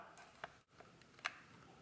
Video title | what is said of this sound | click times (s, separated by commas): Shaving Travel Tin - DIY Altoids Style | there you go so you heard that snap | 1.3 s